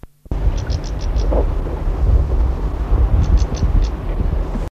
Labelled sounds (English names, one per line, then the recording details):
White-backed Mousebird call
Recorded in the wild
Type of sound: call
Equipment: Halbspur, 9,5 cm/s
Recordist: Lütgens, Hans
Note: Süd-West Afrika: Rufe